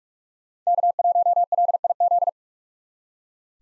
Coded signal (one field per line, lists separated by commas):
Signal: Morse code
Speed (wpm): 43 wpm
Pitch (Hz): 700 Hz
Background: none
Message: K1LIZ